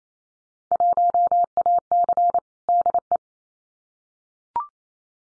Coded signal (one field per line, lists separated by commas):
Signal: Morse code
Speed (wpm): 28 wpm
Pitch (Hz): 700 Hz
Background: none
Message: 1AC DE